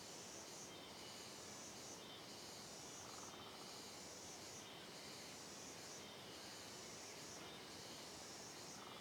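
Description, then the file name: Chorus of cicadas, a dense high buzz that pulses gently in regular waves. Chorus of several cicadas on a trail in dense forest, sound reverberating. "Coro de Cigarras em Trilha de Mata Fechada Reverberando"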